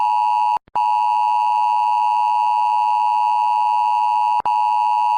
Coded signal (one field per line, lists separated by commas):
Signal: Emergency Alert System (SAME) tones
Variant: 853 and 960 Hz attention tone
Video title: rating eas alarms 4